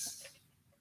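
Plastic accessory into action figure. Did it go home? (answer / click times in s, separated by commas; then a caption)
no / none. Small plastic accessory pieces are pressed onto a Hasbro Star Wars Force Link action figure but fail to snap securely into place and just fall out. A brief, soft, hissy plastic rustle fades quickly into quiet within the first half-second. Nothing has seated or clicked yet.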